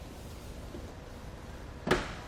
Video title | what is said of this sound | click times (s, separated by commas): etrailer - Setting up the Kuat NV 2.0 Base Bike Rack for 4 Bikes on your 2015 Ford Explorer | to lift it back up into place you just lift it two locks into place | 1.9 s